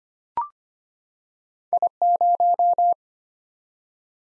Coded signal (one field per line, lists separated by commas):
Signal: Morse code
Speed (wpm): 25 wpm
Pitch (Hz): 700 Hz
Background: none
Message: I0